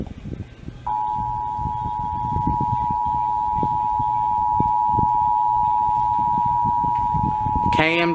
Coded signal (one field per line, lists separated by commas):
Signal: Emergency Alert System (SAME) tones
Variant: 853 and 960 Hz attention tone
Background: speech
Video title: June 2021 Oklahoma Required Monthly Test (EAS#177-185)